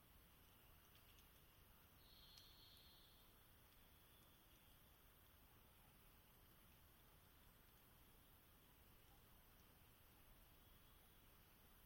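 Steady hiss fills the forest recording, with one long, even whistle, like a varied thrush, around two seconds and faint bird notes after.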